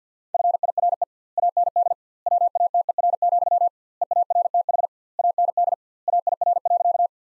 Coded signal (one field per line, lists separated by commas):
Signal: Morse code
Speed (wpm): 50 wpm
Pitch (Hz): 700 Hz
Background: none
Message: FIRE AND WATER, EARTH AND AIR.